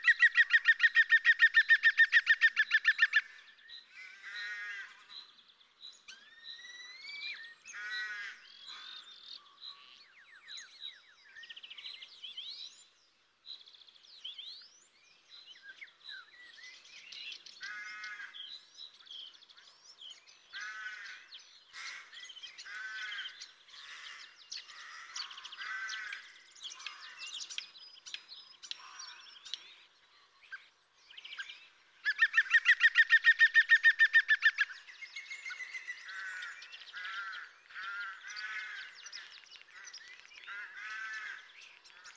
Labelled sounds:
European Green Woodpecker (Picus viridis) song
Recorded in the wild
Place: March - Hugstetten /Breisgau, Baden-Württemberg, DE
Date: 2009-04-05
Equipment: MiniDisc Sharp MT 20 H
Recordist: Schwarz, Dieter
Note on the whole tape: Song

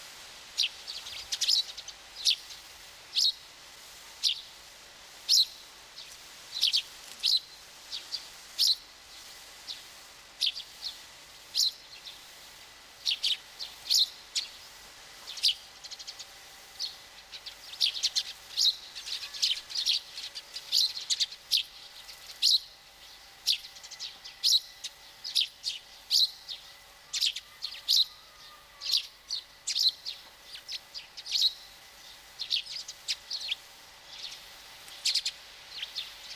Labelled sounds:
Eurasian Tree Sparrow (Passer montanus)
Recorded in the wild
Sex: group
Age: adult
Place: Stubbenfelde, Insel Usedom, Mecklenburg-Vorpommern, DE
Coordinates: 54.0286, 14.0319
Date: 1983-09-24 10:45
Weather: overcast, 12°C, moderate winds
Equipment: Nagra SN, Sennheiser MKH 416 T, Kopie Uher 4000 Report Monitor
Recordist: Tembrock, Günter

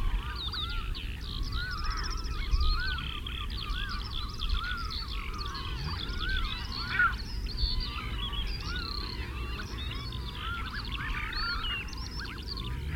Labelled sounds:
Common Shelduck (Tadorna tadorna) courtship call
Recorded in the wild
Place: Zudar, Mecklenburg-Vorpommern, DE
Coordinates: 54.259, 13.352
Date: 1975-05-01
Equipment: Nagra III BH, Sennheiser MD 21, parabola
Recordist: Schubert, Michael

